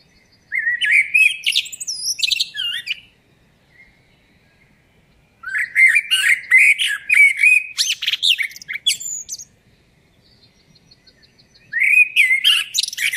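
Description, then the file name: Common blackbird singing three separate phrases of fluty warbling and shrill, chattering twitter, with silent pauses of a few seconds between them. "Turdus merula"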